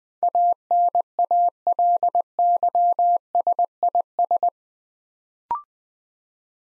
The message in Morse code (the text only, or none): ANALYSIS